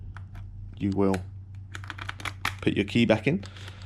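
With the battery already back in the frame of a Samebike L026 Version 2 e-bike, the key is being put back into the battery lock whose bolt secures the battery in the frame. Someone talks over a steady low hum while short, light taps of handling are heard, mostly between 1.7 and 2.5 seconds. The lock bolt has not yet clicked home, so nothing has seated.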